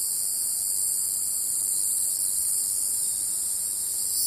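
Cicada song, a steady, hissing high-pitched drone held without a break for the whole stretch, no other sounds standing out.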